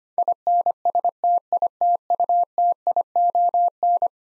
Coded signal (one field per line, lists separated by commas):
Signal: Morse code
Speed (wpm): 25 wpm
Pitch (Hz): 700 Hz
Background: none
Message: INSTITUTION